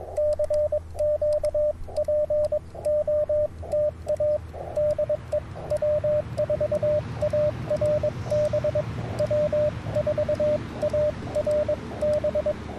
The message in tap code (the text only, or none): none